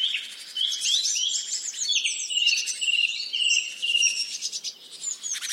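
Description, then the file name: Songbirds chirping and warbling together, many bright high phrases overlapping continuously, with trilled bursts near the start and end. "zvuki peniia ptits"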